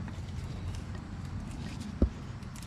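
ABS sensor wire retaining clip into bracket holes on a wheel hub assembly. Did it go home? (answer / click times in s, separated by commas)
yes / 2.0 s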